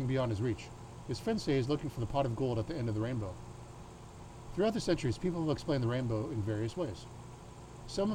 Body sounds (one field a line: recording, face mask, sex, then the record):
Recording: reading aloud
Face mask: surgical mask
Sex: male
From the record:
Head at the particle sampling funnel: tilted up or above it, chin in front of it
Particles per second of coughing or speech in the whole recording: 0.48